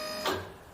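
The emergency power-cut button on an OT200 overhead ceiling patient hoist is pulled out, releasing it so the hoist lowers automatically. Over a steady background hum, a single sharp hit sounds at 0.3 s as the button pops out, then fades over the next half second.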